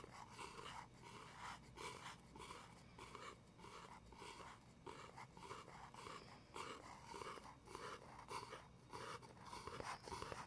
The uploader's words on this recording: ASMR medium gentle tapping and scratching.